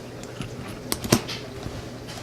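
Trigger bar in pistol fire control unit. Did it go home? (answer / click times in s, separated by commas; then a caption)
yes / 0.9 s. A factory-greased Apex trigger bar is pushed down into the fire control unit of a Sig Sauer P320 pistol during a trigger install. It locks in place with a sharp snap at 0.9 s, followed by two softer clicks at 1.0 and 1.1 s, and the trigger bar is seated.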